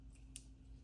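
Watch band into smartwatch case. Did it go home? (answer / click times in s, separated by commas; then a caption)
yes / 0.4 s. A watch band, most likely, is pressed into the titanium case or clasp of an Apple Watch Ultra smartwatch, though the exact part is not named. Over a low steady hum, one sharp snap sounds at 0.4 seconds, and the band seats in place.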